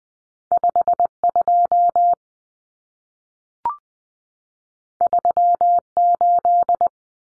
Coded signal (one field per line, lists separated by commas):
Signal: Morse code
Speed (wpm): 20 wpm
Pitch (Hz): 700 Hz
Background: none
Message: 52 38